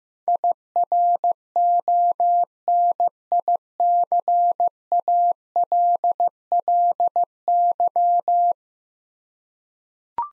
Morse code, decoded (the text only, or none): IRONICALLY